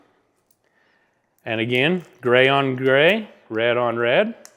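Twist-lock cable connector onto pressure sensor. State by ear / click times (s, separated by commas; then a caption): not seated / none. A gray twist-lock cable connector is being fitted onto the gray pressure sensor of a Fisher Digital valve profiler setup on a single-acting linear actuator, where it twists until it snaps on. Someone talks throughout, with only a faint tick at 0.5 s before the speech. The clip ends before the connector goes home, so nothing has seated or clicked yet.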